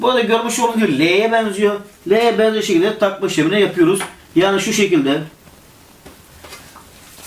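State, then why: Not seated. A security camera part is lined up and held in its L-shaped mounting slot, ready to be pressed home. Someone talks for the first five seconds or so, followed by quiet, faint handling sounds. Nothing has seated or clicked yet.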